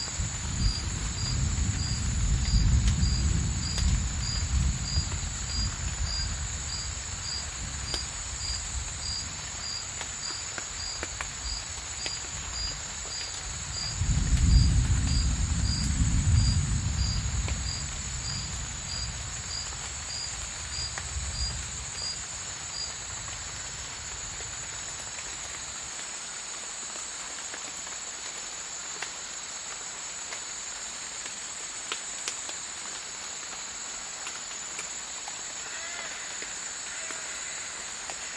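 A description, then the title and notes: Thunder rumbles low across a Borneo rainforest, with one long roll near the start and another around fifteen seconds, then fades out by about twenty-five seconds. Insects keep up a steady high buzz and a regular ticking chirp throughout, with faint drips and patter underneath. Thunderstorm in the Borneo rainforest. Thunderstorms sound absolutely fascinating in the rainforest as the microphones pick up the beautiful detail of water droplets hitting the vegetation.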